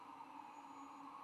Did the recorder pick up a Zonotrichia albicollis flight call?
no